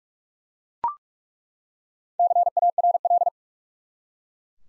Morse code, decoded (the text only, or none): CARL